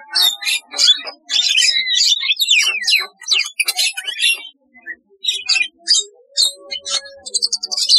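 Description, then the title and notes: Starling delivers rich, rambling song of harsh chatters, sharp whistles and scratchy phrases, pausing briefly midway before resuming with quick squeaky notes. "Kicau Burung Jalak"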